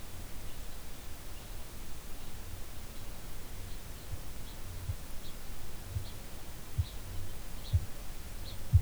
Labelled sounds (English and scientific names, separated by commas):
Kākāpō (Strigops habroptilus) ching call, Kākāpō (Strigops habroptilus) boom